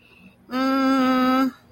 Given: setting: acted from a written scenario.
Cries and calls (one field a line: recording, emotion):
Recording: vocal sound without words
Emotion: confusion